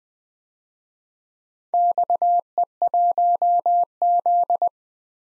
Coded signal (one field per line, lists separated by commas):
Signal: Morse code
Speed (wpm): 20 wpm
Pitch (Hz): 700 Hz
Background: none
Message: XE1Z